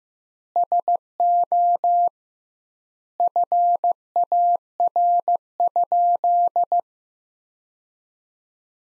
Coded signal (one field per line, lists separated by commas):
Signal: Morse code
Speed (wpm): 15 wpm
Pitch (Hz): 700 Hz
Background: none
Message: SO FAR?